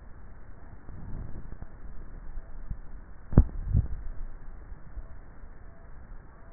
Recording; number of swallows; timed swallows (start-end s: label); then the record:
swallowing sounds by neck microphone; 1
3.48-4.32 s: swallow
From the record:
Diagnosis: dysphagia